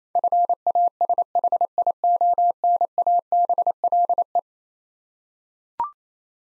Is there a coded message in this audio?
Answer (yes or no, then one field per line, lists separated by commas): yes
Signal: Morse code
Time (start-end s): 0.2-4.4 s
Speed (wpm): 27 wpm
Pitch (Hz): 700 Hz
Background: none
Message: FASHIONABLE